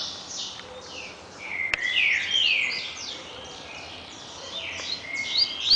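Double-collared seedeater delivering rapid descending and rising whistled notes in a lively string, with a click and steady noisy background.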